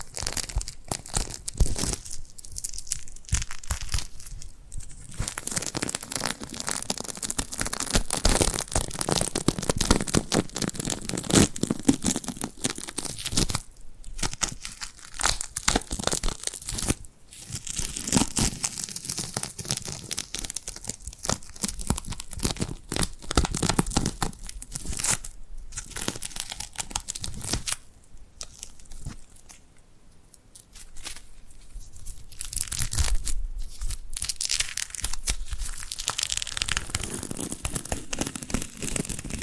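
Glued hands pull and peel apart in a dense, crackly stream of sticky tearing and crinkling sounds that run almost without pause. Brief quiet gaps break it up around 2–5, 14, 17 and 28–31 seconds before the bright, busy texture resumes.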